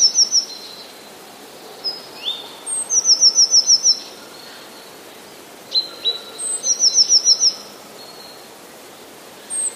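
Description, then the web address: Eurasian blue tit singing very high thin introductory notes followed by a rapid descending trill, phrases repeated about every four seconds over faint background hiss. "modraszkoteka"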